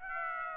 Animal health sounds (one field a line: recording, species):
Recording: mosquito wingbeat signal from an infrared sensor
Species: Aedes aegypti